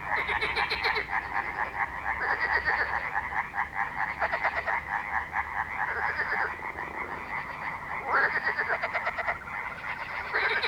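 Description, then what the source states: Frogs calling together in a thick chorus, rapid pulsed croaks overlapping continuously, with intermittent higher rattles breaking through. Frog ambience.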